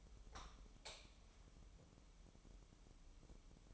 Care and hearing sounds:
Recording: daily activity, microphone in the room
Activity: light on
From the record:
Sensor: 1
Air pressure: 988.4 hPa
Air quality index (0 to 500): 198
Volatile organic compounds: 1000 ppm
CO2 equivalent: 5285 ppm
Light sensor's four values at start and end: 8/21/8/10 and 12/37/14/15

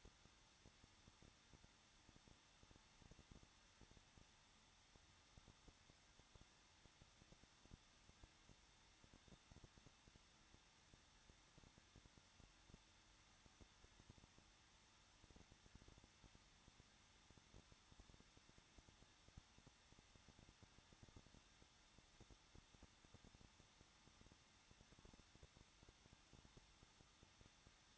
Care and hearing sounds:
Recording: daily activity, microphone in the room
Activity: no activity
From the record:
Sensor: 3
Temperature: 21.2 degrees Celsius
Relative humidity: 36.4%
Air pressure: 1006.4 hPa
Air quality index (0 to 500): 223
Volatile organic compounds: 43 ppm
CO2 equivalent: 3191 ppm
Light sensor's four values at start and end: 2/3/2/2 and 2/3/2/2

